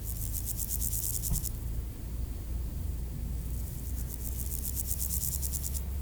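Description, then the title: Grasshopper buzzing in two pulsed, high-pitched bursts separated by a pause, with continuous low road noise beneath. Recorded at Aveize, France, with cars passing; AB microphone pair on a Sony PCM-M10. "D633, Aveize, France - Sauterelles - Grasshoppers"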